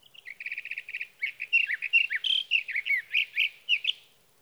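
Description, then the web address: Sage thrasher song: a quick series of evenly spaced repeated notes, then an extended, varied warble of rising and falling slurred phrases. "birdsongforthecurious Sage Thrasher"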